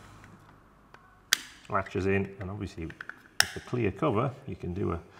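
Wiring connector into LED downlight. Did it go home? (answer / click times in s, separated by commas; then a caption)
yes / 1.3 s. A plug-in wiring connector on an LED downlight is pushed into its socket and seats with a sharp click at 1.3 s. Someone talks afterward. A second sharp transient comes near 3.4 s.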